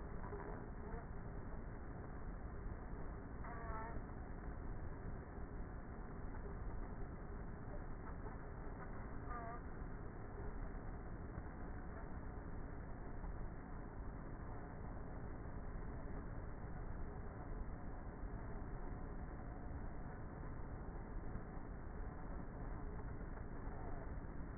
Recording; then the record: honeybee colony, microphone inside the hive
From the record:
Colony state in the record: queenless with a low population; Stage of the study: before two queens were removed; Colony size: about 30,000 bees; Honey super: no